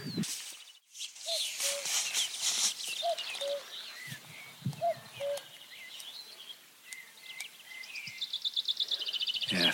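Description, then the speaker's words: Common cuckoo calling a soft, low, two-note falling cuck-oo a few times, with higher-pitched songbirds singing over it and a rapid rattling trill near the end. Heard faintly down in the valley, possibly a single bird moving around; dawn walk on Blorenge Mountain, Monmouthshire, Brecon Beacons. "And there's a cuckoo very faintly down in the valley."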